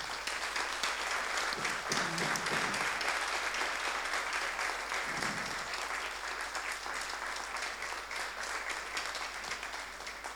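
A church audience breaks into sustained applause for God, a dense, steady wash of many hands clapping that holds evenly for about ten seconds without any speech over it.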